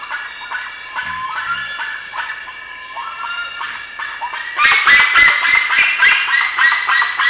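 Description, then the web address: Bird calls, short notes at first, then much louder, harsher calls later on. "BIRD 2015 SABIOD"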